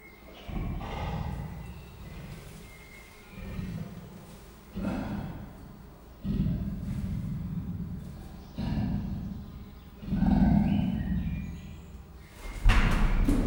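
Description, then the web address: Persian leopard uttering deep, coarse grunting rasps in repeated bursts, each a low throbbing pulse. Captive animal at a zoo in Miskolc, recorded in 2018 with a professional microphone. "perzsa leopard"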